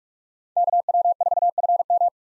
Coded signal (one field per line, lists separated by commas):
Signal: Morse code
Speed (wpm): 43 wpm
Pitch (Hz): 700 Hz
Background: none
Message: KW4FM